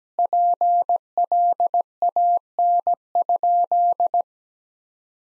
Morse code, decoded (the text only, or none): PLAN?